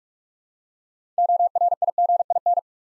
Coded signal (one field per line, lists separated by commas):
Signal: Morse code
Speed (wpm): 44 wpm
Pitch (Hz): 700 Hz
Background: none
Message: ORIGIN